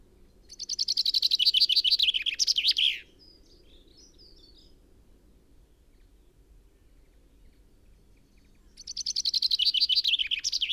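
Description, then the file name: Common chaffinch singing twice: two quick descending trills, the first ending in a flourish and the second cut off, separated by about six seconds of quiet, with faint soft chips between. "Fringilla coelebs"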